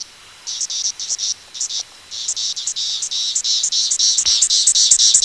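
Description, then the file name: Periodical cicada calling song: harsh, high buzzy pulses in short groups, at first broken by gaps, then running together into an almost continuous pulsing buzz. "Calling song of Magicicada septendecula"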